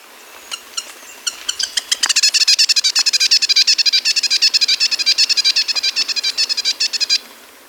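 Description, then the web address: Grass-green tanager with a rapid chatter that starts as spaced notes and speeds up into a dense run of harsh, nasal pulses for about five seconds. Recorded in Ecuador. "Birds of Ecuador. Grass-Green Tanager"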